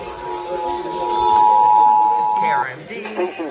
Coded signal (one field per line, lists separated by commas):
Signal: Emergency Alert System (SAME) tones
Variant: 853 and 960 Hz attention tone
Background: speech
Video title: Last Louisiana Monthly Test in 2023! EAS alerts from 12/11/2023 [EAS #1,975 - #1,984]